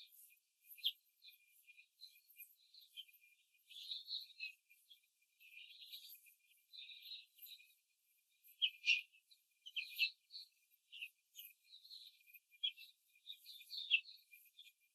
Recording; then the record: young laying hens in a cage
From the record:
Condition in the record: control cage, before the stress test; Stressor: none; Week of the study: 4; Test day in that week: 1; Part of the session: 2